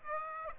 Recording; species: mosquito wingbeat signal from an infrared sensor; Aedes aegypti